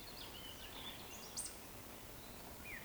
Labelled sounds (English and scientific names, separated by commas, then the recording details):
Eurasian Woodcock (Scolopax rusticola) whistle
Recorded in Baden-Württemberg, Germany, on 11 June 2020 at 19:59 UTC
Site 14569, 102 m above sea level